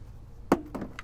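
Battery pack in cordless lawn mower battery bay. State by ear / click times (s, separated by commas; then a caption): released / 0.5 s. The retaining clip on a Kobalt cordless lawn mower's battery is pulled, and the springs pop the battery pack out of its bay, giving a sharp pop at 0.5 seconds. Two softer knocks follow at about 0.8 and 1.0 seconds, and the battery ends up released.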